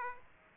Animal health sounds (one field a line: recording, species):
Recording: mosquito wingbeat signal from an infrared sensor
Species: Aedes aegypti